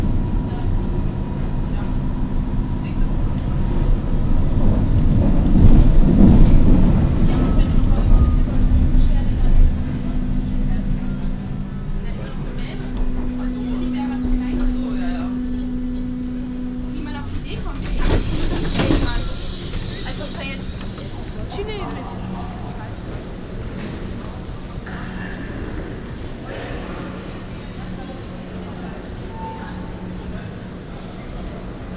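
A U-Bahn ride with a steady low rumble of the train throughout, loudest in the first ten seconds, with passengers talking. A steady drone holds from about twelve to seventeen seconds, then a bright hiss around eighteen to twenty seconds before the rumble settles quieter.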